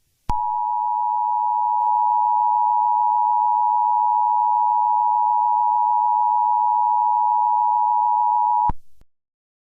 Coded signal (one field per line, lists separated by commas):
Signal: Emergency Alert System (SAME) tones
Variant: 853 and 960 Hz attention tone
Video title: EAS Scenario #16 | Weird Strict Dad (Part 2)